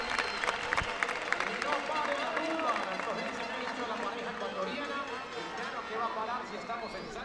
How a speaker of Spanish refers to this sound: Escuchemos ahí cómo grita la gente un poquito.